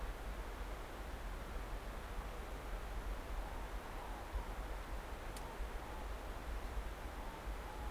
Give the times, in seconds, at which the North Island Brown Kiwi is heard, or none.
none